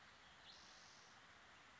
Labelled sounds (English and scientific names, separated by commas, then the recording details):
Spotted Towhee (Pipilo maculatus)
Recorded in Sonoma County, California